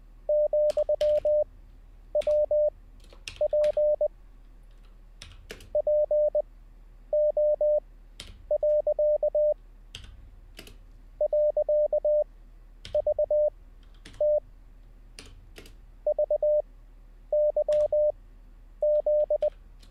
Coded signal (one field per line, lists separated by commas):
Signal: Morse code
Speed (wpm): 20 wpm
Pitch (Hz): 600 Hz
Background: none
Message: ,WP PO. .VT VYZ